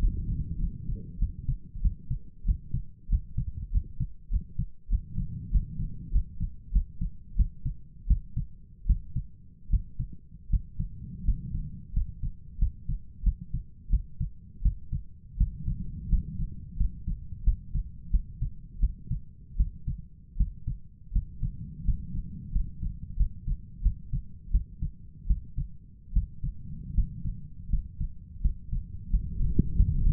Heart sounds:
heart sounds by stethoscope; 86 bpm
0.59 s: heartbeat
1.19 s: heartbeat
1.82 s: heartbeat
2.45 s: heartbeat
3.09 s: heartbeat
3.72 s: heartbeat
4.30 s: heartbeat
4.89 s: heartbeat
5.51 s: heartbeat
6.12 s: heartbeat
6.72 s: heartbeat
7.36 s: heartbeat
8.07 s: heartbeat
8.87 s: heartbeat
9.70 s: heartbeat
10.50 s: heartbeat
11.25 s: heartbeat
11.93 s: heartbeat
12.59 s: heartbeat
13.23 s: heartbeat
13.90 s: heartbeat
14.62 s: heartbeat
15.37 s: heartbeat
16.09 s: heartbeat
16.77 s: heartbeat
17.44 s: heartbeat
18.11 s: heartbeat
18.80 s: heartbeat
19.57 s: heartbeat
20.37 s: heartbeat
21.12 s: heartbeat
21.85 s: heartbeat
22.52 s: heartbeat
23.17 s: heartbeat
23.82 s: heartbeat
24.51 s: heartbeat
25.27 s: heartbeat
26.13 s: heartbeat
26.94 s: heartbeat
27.70 s: heartbeat
28.41 s: heartbeat
29.10 s: heartbeat
29.76 s: heartbeat
From the record:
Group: healthy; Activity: rest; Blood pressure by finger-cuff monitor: 117/64 mmHg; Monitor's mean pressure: 77 mmHg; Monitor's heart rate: 90 bpm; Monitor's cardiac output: 8.2 L/min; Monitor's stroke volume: 92 mL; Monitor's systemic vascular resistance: 670 dyn s/cm5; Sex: male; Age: 23 years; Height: 179 cm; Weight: 87 kg

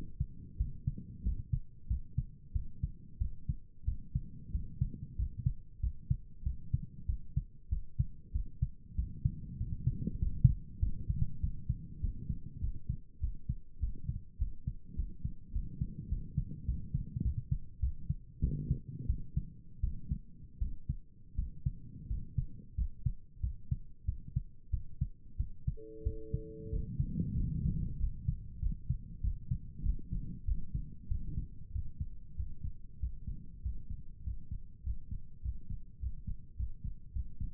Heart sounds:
heart sounds by stethoscope; 95 bpm
0.57 s: heartbeat
1.22 s: heartbeat
1.87 s: heartbeat
2.52 s: heartbeat
3.18 s: heartbeat
3.84 s: heartbeat
4.51 s: heartbeat
5.16 s: heartbeat
5.80 s: heartbeat
6.43 s: heartbeat
7.06 s: heartbeat
7.69 s: heartbeat
8.32 s: heartbeat
8.95 s: heartbeat
9.57 s: heartbeat
10.19 s: heartbeat
10.79 s: heartbeat
11.40 s: heartbeat
12.00 s: heartbeat
12.60 s: heartbeat
13.20 s: heartbeat
13.79 s: heartbeat
14.38 s: heartbeat
14.95 s: heartbeat
15.52 s: heartbeat
16.08 s: heartbeat
16.65 s: heartbeat
17.22 s: heartbeat
17.79 s: heartbeat
18.40 s: heartbeat
19.06 s: heartbeat
19.80 s: heartbeat
20.58 s: heartbeat
21.35 s: heartbeat
22.07 s: heartbeat
22.75 s: heartbeat
23.40 s: heartbeat
24.05 s: heartbeat
24.70 s: heartbeat
25.36 s: heartbeat
26.03 s: heartbeat
26.69 s: heartbeat
27.34 s: heartbeat
27.97 s: heartbeat
28.59 s: heartbeat
29.20 s: heartbeat
29.82 s: heartbeat
30.45 s: heartbeat
31.08 s: heartbeat
31.71 s: heartbeat
32.35 s: heartbeat
32.99 s: heartbeat
33.61 s: heartbeat
34.23 s: heartbeat
34.83 s: heartbeat
35.41 s: heartbeat
35.99 s: heartbeat
36.56 s: heartbeat
37.12 s: heartbeat
From the record:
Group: healthy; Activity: rest 0-27 s, Valsalva maneuver 27-38 s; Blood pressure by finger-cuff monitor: 98/69 mmHg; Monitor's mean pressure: 78 mmHg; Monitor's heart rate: 94 bpm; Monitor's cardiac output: 7.4 L/min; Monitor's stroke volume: 80 mL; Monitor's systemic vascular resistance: 760 dyn s/cm5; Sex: male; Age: 19 years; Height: 178 cm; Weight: 83 kg

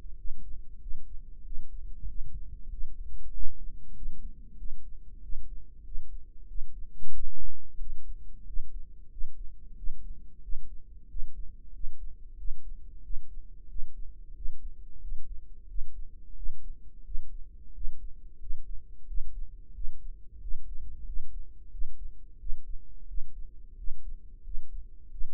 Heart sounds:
heart sounds by microphone in the right ear; 91 bpm
0.18 s: heartbeat
0.82 s: heartbeat
1.46 s: heartbeat
2.09 s: heartbeat
2.72 s: heartbeat
3.34 s: heartbeat
3.96 s: heartbeat
4.59 s: heartbeat
5.24 s: heartbeat
5.86 s: heartbeat
6.49 s: heartbeat
7.14 s: heartbeat
7.81 s: heartbeat
8.48 s: heartbeat
9.12 s: heartbeat
9.78 s: heartbeat
10.43 s: heartbeat
11.10 s: heartbeat
11.74 s: heartbeat
12.39 s: heartbeat
13.04 s: heartbeat
13.70 s: heartbeat
14.36 s: heartbeat
15.02 s: heartbeat
15.69 s: heartbeat
16.37 s: heartbeat
17.06 s: heartbeat
17.75 s: heartbeat
18.41 s: heartbeat
19.08 s: heartbeat
19.75 s: heartbeat
20.42 s: heartbeat
21.07 s: heartbeat
21.72 s: heartbeat
22.40 s: heartbeat
23.09 s: heartbeat
23.78 s: heartbeat
24.45 s: heartbeat
25.12 s: heartbeat
From the record:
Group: healthy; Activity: rest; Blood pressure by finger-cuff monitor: 143/72 mmHg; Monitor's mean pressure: 90 mmHg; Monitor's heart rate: 91 bpm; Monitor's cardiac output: 8.3 L/min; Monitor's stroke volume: 90 mL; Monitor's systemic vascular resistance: 800 dyn s/cm5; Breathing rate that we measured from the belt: 19 breaths a minute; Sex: male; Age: 21 years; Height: 175 cm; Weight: 72.6 kg

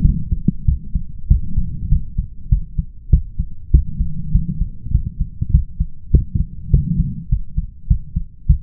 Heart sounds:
heart sounds by stethoscope; 99 bpm
0.01 s: heartbeat
0.64 s: heartbeat
1.27 s: heartbeat
1.88 s: heartbeat
2.48 s: heartbeat
3.09 s: heartbeat
3.70 s: heartbeat
4.31 s: heartbeat
4.91 s: heartbeat
5.50 s: heartbeat
6.10 s: heartbeat
6.70 s: heartbeat
7.29 s: heartbeat
7.87 s: heartbeat
8.46 s: heartbeat
From the record:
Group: healthy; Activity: cold pressor test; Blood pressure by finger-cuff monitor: 140/74 mmHg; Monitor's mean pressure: 95 mmHg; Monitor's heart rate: 98 bpm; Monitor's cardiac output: 8.1 L/min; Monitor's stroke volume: 85 mL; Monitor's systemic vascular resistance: 850 dyn s/cm5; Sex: male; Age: 21 years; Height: 180 cm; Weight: 67.5 kg

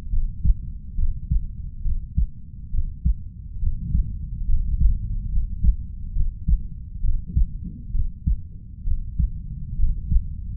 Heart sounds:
heart sounds by stethoscope; 68 bpm
0.09 s: heartbeat
0.95 s: heartbeat
1.82 s: heartbeat
2.70 s: heartbeat
3.59 s: heartbeat
4.45 s: heartbeat
5.29 s: heartbeat
6.12 s: heartbeat
7.00 s: heartbeat
7.91 s: heartbeat
8.83 s: heartbeat
9.76 s: heartbeat
From the record:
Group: healthy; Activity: rest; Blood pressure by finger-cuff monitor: 114/58 mmHg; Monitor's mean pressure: 73 mmHg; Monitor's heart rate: 69 bpm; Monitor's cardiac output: 5.7 L/min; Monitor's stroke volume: 83 mL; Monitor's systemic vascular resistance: 920 dyn s/cm5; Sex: female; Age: 32 years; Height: 168 cm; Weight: 61.9 kg

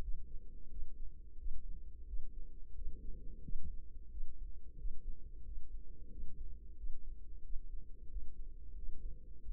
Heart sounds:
heart sounds by microphone in the right ear; 89 bpm
0.66 s: heartbeat
1.35 s: heartbeat
2.03 s: heartbeat
2.71 s: heartbeat
3.39 s: heartbeat
4.07 s: heartbeat
4.74 s: heartbeat
5.41 s: heartbeat
6.07 s: heartbeat
6.73 s: heartbeat
7.39 s: heartbeat
8.06 s: heartbeat
8.72 s: heartbeat
9.38 s: heartbeat
From the record:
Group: healthy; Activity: rest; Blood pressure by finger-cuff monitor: 117/68 mmHg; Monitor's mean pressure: 85 mmHg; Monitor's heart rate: 89 bpm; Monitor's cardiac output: 7.4 L/min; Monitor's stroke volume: 84 mL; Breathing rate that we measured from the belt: 20 breaths a minute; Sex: female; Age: 32 years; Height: 172 cm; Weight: 71.7 kg

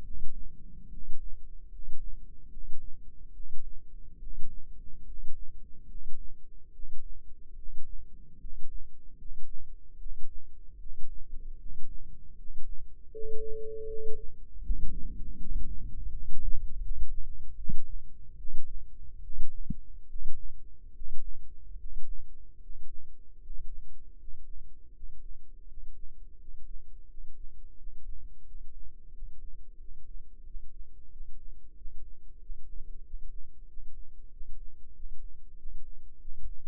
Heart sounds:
heart sounds by microphone in the left ear; 80 bpm
0.02 s: heartbeat
0.88 s: heartbeat
1.68 s: heartbeat
2.48 s: heartbeat
3.32 s: heartbeat
4.18 s: heartbeat
5.04 s: heartbeat
5.86 s: heartbeat
6.71 s: heartbeat
7.54 s: heartbeat
8.37 s: heartbeat
9.15 s: heartbeat
9.97 s: heartbeat
10.77 s: heartbeat
11.57 s: heartbeat
12.35 s: heartbeat
13.09 s: heartbeat
13.85 s: heartbeat
14.61 s: heartbeat
15.36 s: heartbeat
16.07 s: heartbeat
16.79 s: heartbeat
17.55 s: heartbeat
18.36 s: heartbeat
19.20 s: heartbeat
20.06 s: heartbeat
20.91 s: heartbeat
21.75 s: heartbeat
22.57 s: heartbeat
23.37 s: heartbeat
24.15 s: heartbeat
24.91 s: heartbeat
25.65 s: heartbeat
26.36 s: heartbeat
27.05 s: heartbeat
27.74 s: heartbeat
28.42 s: heartbeat
29.09 s: heartbeat
29.76 s: heartbeat
30.42 s: heartbeat
31.08 s: heartbeat
31.73 s: heartbeat
32.37 s: heartbeat
33.01 s: heartbeat
33.65 s: heartbeat
34.28 s: heartbeat
34.91 s: heartbeat
35.54 s: heartbeat
36.17 s: heartbeat
From the record:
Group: healthy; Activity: rest 0-13 s, Valsalva maneuver 13-37 s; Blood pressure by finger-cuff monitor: 109/66 mmHg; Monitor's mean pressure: 76 mmHg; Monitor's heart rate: 76 bpm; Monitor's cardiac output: 7.2 L/min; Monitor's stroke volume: 97 mL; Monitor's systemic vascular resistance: 770 dyn s/cm5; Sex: male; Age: 35 years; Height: 180 cm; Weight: 86.9 kg

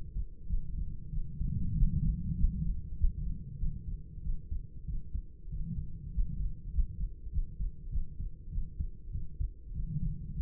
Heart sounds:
heart sounds by stethoscope; 97 bpm
0.47 s: heartbeat
1.09 s: heartbeat
1.74 s: heartbeat
2.36 s: heartbeat
2.97 s: heartbeat
3.58 s: heartbeat
4.21 s: heartbeat
4.85 s: heartbeat
5.49 s: heartbeat
6.11 s: heartbeat
6.71 s: heartbeat
7.30 s: heartbeat
7.89 s: heartbeat
8.49 s: heartbeat
9.10 s: heartbeat
9.72 s: heartbeat
10.33 s: heartbeat
From the record:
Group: healthy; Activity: rest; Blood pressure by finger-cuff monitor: 125/66 mmHg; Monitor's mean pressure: 85 mmHg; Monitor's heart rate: 98 bpm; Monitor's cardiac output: 8.2 L/min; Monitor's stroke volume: 85 mL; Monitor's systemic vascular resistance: 730 dyn s/cm5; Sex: female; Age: 26 years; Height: 165 cm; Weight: 55 kg

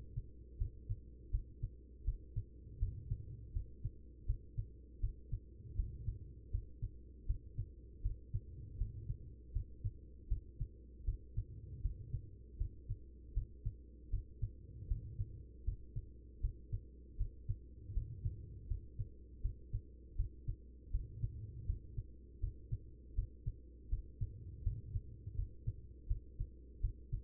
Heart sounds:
heart sounds by stethoscope; 80 bpm
0.57 s: heartbeat
1.30 s: heartbeat
2.04 s: heartbeat
2.78 s: heartbeat
3.52 s: heartbeat
4.25 s: heartbeat
5.00 s: heartbeat
5.75 s: heartbeat
6.50 s: heartbeat
7.26 s: heartbeat
8.01 s: heartbeat
8.77 s: heartbeat
9.52 s: heartbeat
10.27 s: heartbeat
11.04 s: heartbeat
11.81 s: heartbeat
12.57 s: heartbeat
13.33 s: heartbeat
14.09 s: heartbeat
14.87 s: heartbeat
15.64 s: heartbeat
16.40 s: heartbeat
17.16 s: heartbeat
17.93 s: heartbeat
18.67 s: heartbeat
19.41 s: heartbeat
20.15 s: heartbeat
20.90 s: heartbeat
21.65 s: heartbeat
22.39 s: heartbeat
23.14 s: heartbeat
23.89 s: heartbeat
24.62 s: heartbeat
25.35 s: heartbeat
26.07 s: heartbeat
26.80 s: heartbeat
From the record:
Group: healthy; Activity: rest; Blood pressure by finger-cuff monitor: 113/74 mmHg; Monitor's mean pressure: 87 mmHg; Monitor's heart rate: 80 bpm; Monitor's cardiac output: 5.5 L/min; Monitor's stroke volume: 69 mL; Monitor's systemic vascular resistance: 1150 dyn s/cm5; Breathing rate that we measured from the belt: 19 breaths a minute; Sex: female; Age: 43 years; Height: 160 cm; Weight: 90 kg

